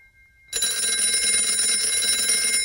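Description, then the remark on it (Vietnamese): A telephone rings insistently, a bright, shrill electronic ring that bursts in after a brief hush and keeps going without pause at steady loudness. No one speaks. “Chuông điện thoại đổ dồn dập.”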